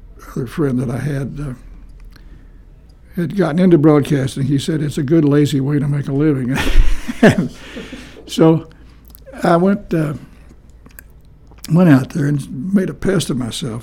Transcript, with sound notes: friend that I had he had gotten into broadcasting, he said it’s a good lazy way to make a living [Chuckling] and so I went…I went out there and made a pest of myself.